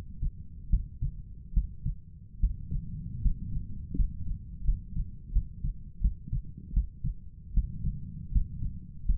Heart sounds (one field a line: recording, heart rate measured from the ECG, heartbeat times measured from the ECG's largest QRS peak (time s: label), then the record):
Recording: heart sounds by stethoscope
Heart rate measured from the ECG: 79 bpm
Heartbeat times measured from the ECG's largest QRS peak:
0.70 s: heartbeat
1.54 s: heartbeat
2.40 s: heartbeat
3.22 s: heartbeat
3.96 s: heartbeat
4.65 s: heartbeat
5.33 s: heartbeat
6.01 s: heartbeat
6.73 s: heartbeat
7.54 s: heartbeat
8.32 s: heartbeat
9.05 s: heartbeat
From the record:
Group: healthy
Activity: rest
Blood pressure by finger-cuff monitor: 112/61 mmHg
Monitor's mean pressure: 75 mmHg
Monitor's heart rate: 76 bpm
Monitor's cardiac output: 7.4 L/min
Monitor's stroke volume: 95 mL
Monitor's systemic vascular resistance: 710 dyn s/cm5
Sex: male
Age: 23 years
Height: 179 cm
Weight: 87 kg